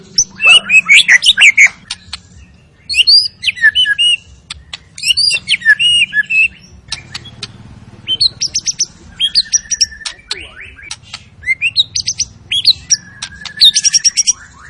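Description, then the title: White-rumped shama song in bursts of varied chattering and whistled phrases, sharp ticks and high trills, separated by short gaps; a faint low hum underneath. Lure sound of an energetic white-rumped shama singing its full repertoire, meant to stir up other shamas. "PANCINGAN MURAI BATU. MURAI GACOR SUPER EDAN SEMUA MATERI DI KELUARIN COCOK BUAT DONGKRAK EMOSI. SHAMA BIRD"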